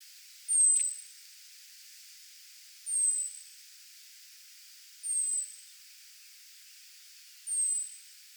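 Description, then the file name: European robin calls: four short, high-pitched, thin notes sliding slightly downward, spaced two to three seconds apart against a quiet hissy background. "Erithacus rubecula"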